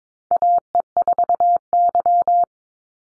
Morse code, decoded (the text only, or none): AE4Y